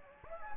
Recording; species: mosquito wingbeat signal from an infrared sensor; Anopheles gambiae